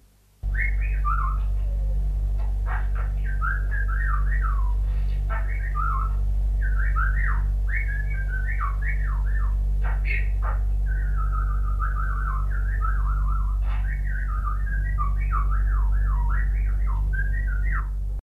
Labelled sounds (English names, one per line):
Budgerigar call